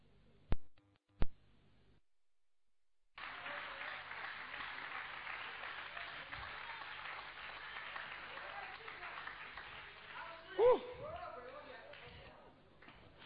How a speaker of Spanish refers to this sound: Dale un aplauso grande al Cordero.